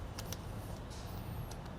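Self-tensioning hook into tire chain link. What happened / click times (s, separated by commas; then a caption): The metal tensioning hook clipped onto the chain / 0.2 s, 0.3 s. The metal self-tensioning hook of a Konig tire chain is pulled out and hooked onto the chain on a 2023 Chevrolet Silverado 2500 truck tire. Two sharp metal clicks at 0.2 s and 0.3 s mark it engaging, with a softer tap near 1.5 s over a steady low background rumble. The hook is seated on the chain link.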